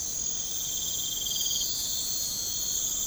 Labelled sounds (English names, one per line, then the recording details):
none
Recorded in pastures near Puerto Asís, Putumayo, Colombia, on 20 December 2024 at 04:00
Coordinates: 0.496, -76.326
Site G004